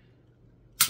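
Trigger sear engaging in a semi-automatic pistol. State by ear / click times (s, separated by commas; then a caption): seated / 0.8 s. In a semi-automatic pistol, the slide is cycled and released during a function demonstration. After quiet low background noise, a small, sharp click at 0.8 s marks the sear engaging and the trigger resetting. The trigger has reset.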